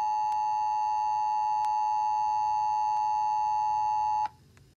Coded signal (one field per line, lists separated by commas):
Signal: Emergency Alert System (SAME) tones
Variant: 853 and 960 Hz attention tone